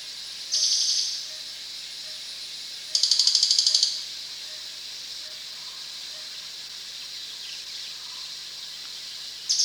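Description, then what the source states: Crested jay making two harsh, stuttering rattles a few seconds apart plus the start of a third, with soft repeated tones and a background hiss. Recorded at Danum on 1 January 2008.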